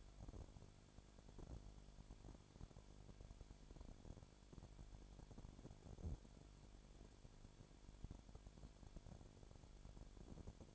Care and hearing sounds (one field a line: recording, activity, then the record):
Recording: daily activity, microphone in the room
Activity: no activity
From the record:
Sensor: 5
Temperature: 20.2 degrees Celsius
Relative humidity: 36.5%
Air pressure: 1001.2 hPa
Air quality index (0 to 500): 177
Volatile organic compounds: 4 ppm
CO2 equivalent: 1618 ppm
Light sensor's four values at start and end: 2/3/1/1 and 2/3/1/1